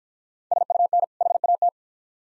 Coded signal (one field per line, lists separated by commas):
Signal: Morse code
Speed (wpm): 51 wpm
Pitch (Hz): 700 Hz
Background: none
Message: SUN HAT